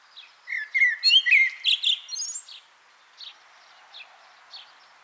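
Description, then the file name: Common blackbird song, a mellow warbled phrase rising into sharp high twitters, followed by a few faint scratchy notes and quiet. "Turdus merula"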